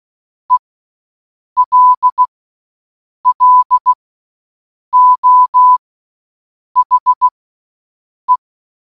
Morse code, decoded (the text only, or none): ELLO HE